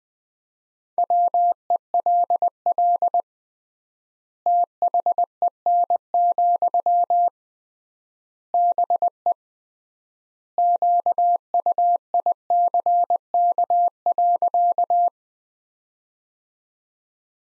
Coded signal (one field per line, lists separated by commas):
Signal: Morse code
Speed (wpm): 21 wpm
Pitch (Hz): 700 Hz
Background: none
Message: WELL THEN, BE QUICK.